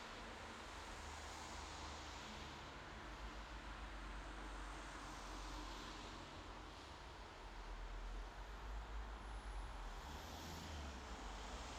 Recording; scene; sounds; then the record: everyday scene through a hearing-aid microphone; in traffic; traffic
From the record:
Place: bus stop on a city main road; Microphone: in the ear canal, left